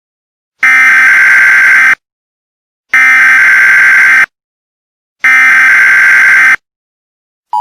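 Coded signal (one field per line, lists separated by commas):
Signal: Emergency Alert System (SAME) tones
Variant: header bursts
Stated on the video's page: Hypothetical EAS scenario recreation made in Vyond, with deliberately non-radio-like tones.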